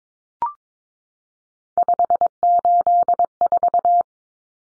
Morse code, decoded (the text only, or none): 584